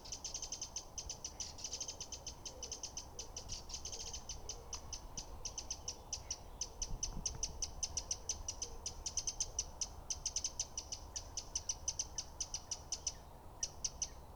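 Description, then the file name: Eurasian wren churring rattle, a fast continuous run of dry clicks kept up throughout with short breaks near the end, over low rumbling background noise. "Troglodytes troglodytes"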